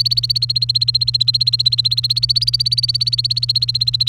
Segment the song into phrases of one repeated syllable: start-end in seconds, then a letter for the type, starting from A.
0.00-4.08 A